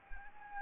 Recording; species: mosquito wingbeat signal from an infrared sensor; Anopheles gambiae